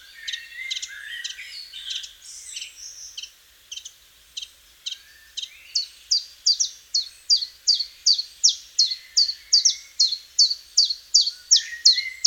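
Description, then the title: Common chiffchaff singing a long run of crisp, evenly spaced chiff-chaff notes about three per second, after an opening of mixed, varied notes. "Sylvain Jaskowiak - Mes piafs. Pouillot véloce"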